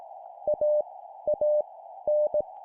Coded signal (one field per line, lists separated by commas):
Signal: Morse code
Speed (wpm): 18 wpm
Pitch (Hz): 600 Hz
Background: none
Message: A A N